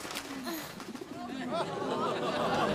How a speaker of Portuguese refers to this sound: Nada, nada. É só um pássaro.